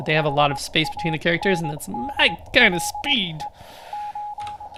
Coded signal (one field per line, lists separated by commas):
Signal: Morse code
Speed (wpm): 21 wpm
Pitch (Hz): 840 Hz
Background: speech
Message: HANDLE O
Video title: How to Learn Morse Code LIVE with N0SSC (Day 30)